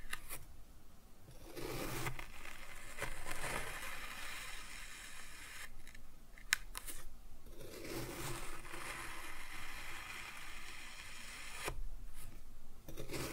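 Kinetic sand is cut and scooped in a steady run of soft, gritty crunching and hissing that fills most of the thirteen seconds. The texture swells and thins in waves, with brief quieter gaps near 5.5, 6.5 and 12 seconds and a sharp tap around 6.5 seconds.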